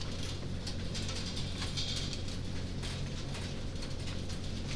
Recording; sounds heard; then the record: poultry house recording; no chicken sound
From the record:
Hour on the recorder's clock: 21